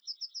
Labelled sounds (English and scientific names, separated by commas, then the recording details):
Yellowhammer (Emberiza citrinella) song
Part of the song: start
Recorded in the Czech Republic on 7 May 2013
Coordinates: 49.047, 17.653
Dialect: BC
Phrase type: C10
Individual 287964